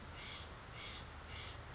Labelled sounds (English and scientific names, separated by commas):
Steller's Jay (Cyanocitta stelleri)